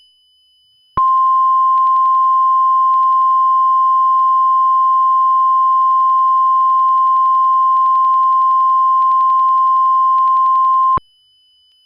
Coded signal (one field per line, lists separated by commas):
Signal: Emergency Alert System (SAME) tones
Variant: 1050 Hz attention tone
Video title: Gone Wild (EAS SHORT)